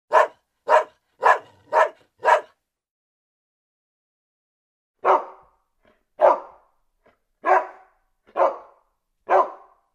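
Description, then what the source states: Dog barks: a fast run of five barks, a pause of a few seconds, then five slower barks about a second apart. Several dogs barking.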